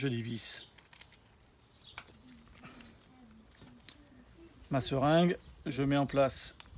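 A lancet is being fitted into a lancing pen while someone talks, with a few faint handling taps and knocks in between. Nothing has clicked or seated yet; the clip ends before the pen is cocked.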